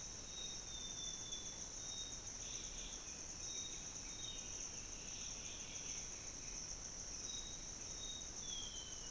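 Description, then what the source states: Steady layered insect buzzing, loud and even, with faint bird whistles and a falling whistled note near the end. Insect and bird chorus recorded in Gabon.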